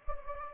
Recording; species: mosquito wingbeat signal from an infrared sensor; Anopheles gambiae